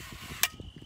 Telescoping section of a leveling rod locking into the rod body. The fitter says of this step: extend it until it clicks into place then